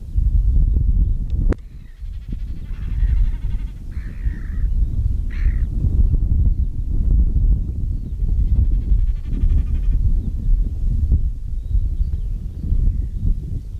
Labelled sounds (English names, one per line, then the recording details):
Common Snipe
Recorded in the wild
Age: adult
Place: Höhbeck, OT Restorf, Niedersächsische Elbtalaue, Niedersachsen, DE
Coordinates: 53.0414, 11.4453
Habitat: floodplain
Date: 1969-05-26
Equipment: Uher 4000 Report-S, Bändchenmikro Beyer M 260, Parabolspiegel Polyester (470 mm)
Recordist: Conrads, Klaus